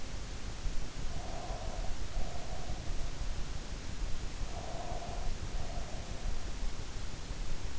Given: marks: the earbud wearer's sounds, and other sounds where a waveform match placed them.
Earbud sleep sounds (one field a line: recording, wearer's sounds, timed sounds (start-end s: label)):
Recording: sounds in sleep by an in-ear microphone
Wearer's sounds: breath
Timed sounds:
0.95-3.06 s: breath
4.47-6.23 s: breath